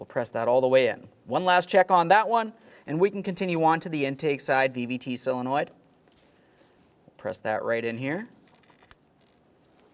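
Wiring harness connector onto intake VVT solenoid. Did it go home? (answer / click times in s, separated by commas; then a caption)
yes / 8.9 s. A wiring harness connector is pressed onto the intake-side VVT solenoid of a 2017-2023 GMC Acadia 3.6L V6 while someone talks. After the talking stops, a sharp click is heard at 8.9 s as the connector seats. It is then tugged and locked down.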